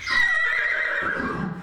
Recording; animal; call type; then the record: contact call of a hoofed animal; horse; whinny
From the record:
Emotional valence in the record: negative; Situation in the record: separation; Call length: 1.63 s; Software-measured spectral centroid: 2210 Hz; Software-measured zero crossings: 3180 a second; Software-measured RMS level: -24 dBFS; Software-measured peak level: -11 dBFS